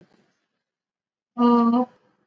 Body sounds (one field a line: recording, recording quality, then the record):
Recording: sustained vowel as in boot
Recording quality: excellent, no background noise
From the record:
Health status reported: exposed to COVID-19, no respiratory illness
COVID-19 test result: not tested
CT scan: not taken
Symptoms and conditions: none ticked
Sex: female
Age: 32 years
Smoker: no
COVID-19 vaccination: both doses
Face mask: worn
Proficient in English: yes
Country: India